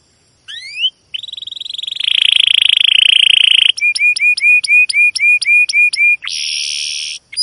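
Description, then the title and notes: Domestic canary opening with sweeping chirps, then a long buzzy trill followed by a regular series of short hooked whistles and a final roll. Long, continuous chirping canary song used as a lure to train young canaries to learn the sound. "CUIT CUIT NGEROL LANGSUNG GACOR PANJANG Kenari Ini AMPUH Utk Pancingan KENAR. PANCINGAN Kenari GACOR PANJANG Cuit CUIT EMOSI ini AMPUH utk MASTERAN Kenari PAUD belajar BUNYI. burung kenari"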